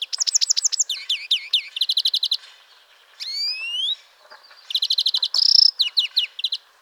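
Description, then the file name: European greenfinch calling: quick twittering trills of high notes, then a long buzzy rising wheeze, followed by more rapid chattering trills. "Chloris chloris"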